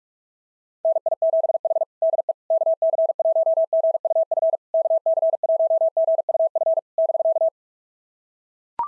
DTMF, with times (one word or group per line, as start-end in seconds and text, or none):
none